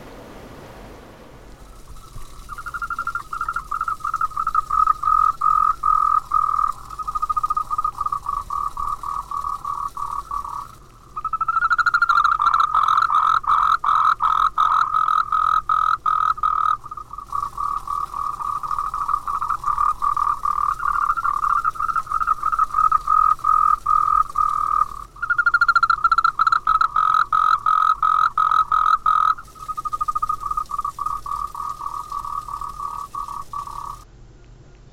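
A frog croaks in rapid, steady trains of bright calls, pausing briefly around 11, 17, and 25 seconds, over faint low background hum.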